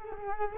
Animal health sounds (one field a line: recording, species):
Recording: mosquito wingbeat signal from an infrared sensor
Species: Culex quinquefasciatus